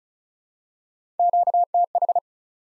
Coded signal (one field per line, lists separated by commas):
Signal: Morse code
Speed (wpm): 34 wpm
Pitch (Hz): 700 Hz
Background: none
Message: QTH